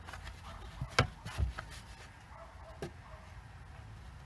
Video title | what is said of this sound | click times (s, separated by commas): Blackvue DR900S-2CH Install on Tesla Model X | the panel snapped back in place, you can see it's just | 1.0 s